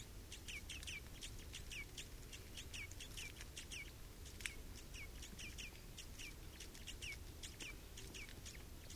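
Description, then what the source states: Red crossbill calls, dense repeated sharp chip notes, some doubled, continuing throughout with one brief knock and low rumbling noise. Recorded 27 October 2014 in the Rusel area.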